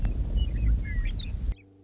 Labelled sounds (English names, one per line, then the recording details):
Western Meadowlark
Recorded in Sonoma County, California